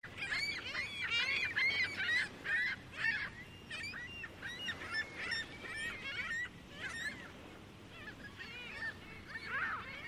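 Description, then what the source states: Gull calls, a dense chorus of many birds giving harsh, repeated mewing and laughing cries that overlap almost continuously. Gulls on a busy beach on Lake Ontario.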